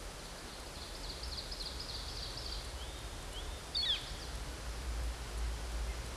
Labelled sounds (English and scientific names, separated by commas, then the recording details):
Ovenbird (Seiurus aurocapilla) song
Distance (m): 80 m
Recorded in a Pennsylvania forest on 17 May 2023 at 13:13
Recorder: AudioMoth, point grid1_17_low
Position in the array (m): 157 m, 77 m